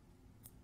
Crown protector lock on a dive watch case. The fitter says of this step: Once it's locked into place again,